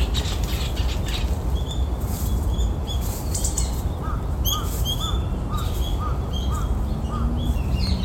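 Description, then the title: Small songbird call notes: short high chirps scattered irregularly, then a run of lower slurred notes about two per second, over a steady low rumble. Small birds' call notes (jinaki), not song, heard during a morning walk in a park. "公園の朝散歩より. 小鳥の地鳴き"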